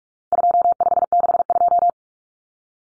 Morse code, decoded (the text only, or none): 2562